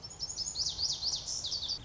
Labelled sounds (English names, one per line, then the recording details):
Lazuli Bunting
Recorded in Sonoma County, California